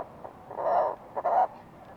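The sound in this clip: Fulmar prion call: two drawn-out harsh croaking notes, the second preceded by a short pulse.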